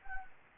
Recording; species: mosquito wingbeat signal from an infrared sensor; Anopheles gambiae